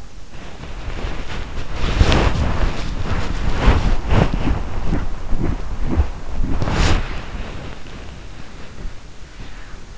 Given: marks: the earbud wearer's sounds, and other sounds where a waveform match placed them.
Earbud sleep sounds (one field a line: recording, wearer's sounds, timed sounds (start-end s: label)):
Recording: sounds in sleep by an in-ear microphone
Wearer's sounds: body movement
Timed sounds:
0.00-9.98 s: body movement